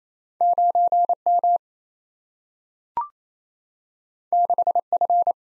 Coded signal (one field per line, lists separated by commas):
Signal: Morse code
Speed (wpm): 28 wpm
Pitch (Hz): 700 Hz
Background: none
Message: 9M 6F